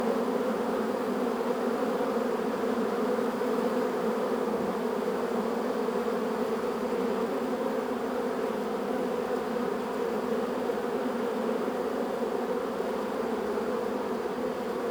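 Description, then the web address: Honey bees buzzing in a dense, steady drone, a continuous hum from many insects with no pauses throughout. Beehive exterior, recorded in front of the landing zone from 1 meter, stereo ORTF microphone setup. "GDC 2017-Game Audio Bundle Sound Holder - Beehive bees hive exterior in front of landing zone"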